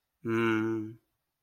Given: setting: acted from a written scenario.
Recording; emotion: vocal sound without words; neutral